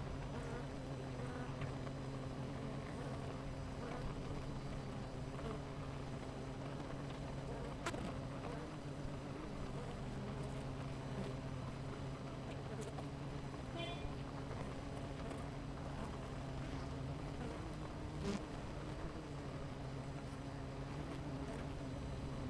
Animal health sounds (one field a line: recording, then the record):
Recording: honeybee colony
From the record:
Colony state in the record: missing queen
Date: 14 July 2017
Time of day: 9:23